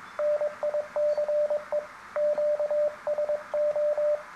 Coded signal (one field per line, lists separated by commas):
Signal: Morse code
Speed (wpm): 22 wpm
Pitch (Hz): 600 Hz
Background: radio noise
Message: NICE QSO